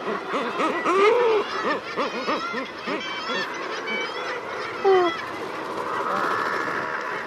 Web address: common murre